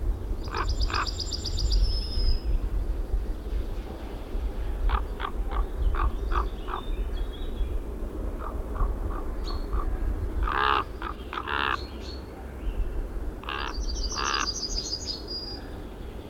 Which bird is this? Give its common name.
Common Raven